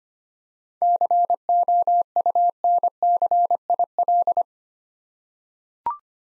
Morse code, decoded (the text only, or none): COUNCIL